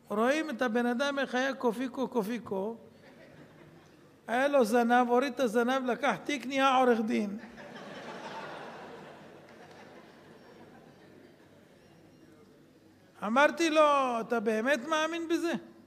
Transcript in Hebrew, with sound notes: רואים את הבן אדם איך היה קופיקו קופיקו, היה לו זנב, הוריד את הזנב, לקח תיק – נהיה עורך דין... [צחוק בקהל] אמרתי לו: "אתה באמת מאמין בזה?"